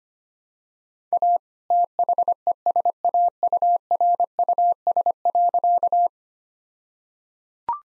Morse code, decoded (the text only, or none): A THESAURUS.